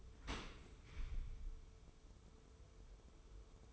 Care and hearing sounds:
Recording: daily activity, microphone in the room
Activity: open dishwasher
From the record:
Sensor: 1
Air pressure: 1015.0 hPa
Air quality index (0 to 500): 25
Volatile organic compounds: 1 ppm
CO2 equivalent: 506 ppm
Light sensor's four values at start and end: 13/30/12/13 and 13/30/12/13

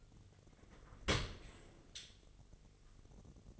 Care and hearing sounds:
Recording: daily activity, microphone in the room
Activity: open dishwasher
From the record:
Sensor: 4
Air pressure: 1007.5 hPa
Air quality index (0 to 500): 202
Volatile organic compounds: 7 ppm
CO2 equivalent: 2012 ppm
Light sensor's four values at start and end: 22/70/27/26 and 22/70/27/26

